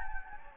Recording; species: mosquito wingbeat signal from an infrared sensor; Anopheles gambiae